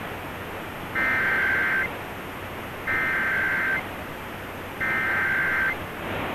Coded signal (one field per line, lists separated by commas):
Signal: Emergency Alert System (SAME) tones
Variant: header bursts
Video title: Illinois Required Monthly Tests (12/7/21)(EAS 1005-1008)